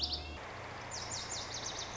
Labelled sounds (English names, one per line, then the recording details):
Lazuli Bunting
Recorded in Sonoma County, California